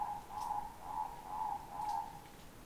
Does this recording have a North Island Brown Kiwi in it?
no